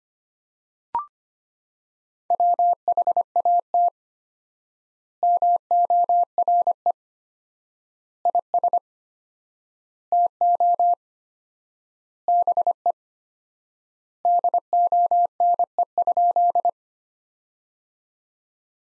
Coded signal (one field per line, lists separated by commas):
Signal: Morse code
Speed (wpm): 25 wpm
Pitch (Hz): 700 Hz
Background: none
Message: WHAT MORE IS TO BE DONE?